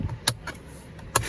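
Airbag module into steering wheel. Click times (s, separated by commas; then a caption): 0.3 s, 1.2 s. A driver airbag module is pressed back into the steering wheel of a 2013 Mercedes-Benz C250 during a steering wheel bezel replacement. Two sharp, loud clicks ring out at 0.3 s and 1.2 s, with fainter handling noises in between. Both side latches click and the airbag module is seated in the steering wheel.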